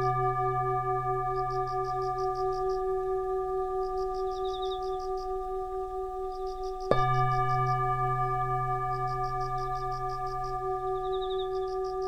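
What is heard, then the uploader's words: A Tibetan bowl rings with a steady, layered hum, one low tone and several clear higher ones holding for the whole clip. Near seven seconds it is struck again, a bright attack that renews the ring. Faint high chirps, like birds, repeat in the background. Meditate with the sound of chimes in Tibetan bowls.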